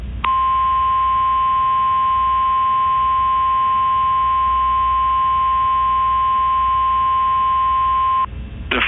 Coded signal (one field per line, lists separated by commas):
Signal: Emergency Alert System (SAME) tones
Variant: 1050 Hz attention tone